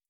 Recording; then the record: hydrophone in a shrimp aquaculture tank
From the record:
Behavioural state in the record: starved